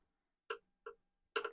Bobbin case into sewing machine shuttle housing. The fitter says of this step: and it will click into position. You'll hear it